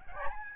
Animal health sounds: mosquito wingbeat signal from an infrared sensor; Aedes albopictus

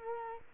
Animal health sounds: mosquito wingbeat signal from an infrared sensor; Culex quinquefasciatus

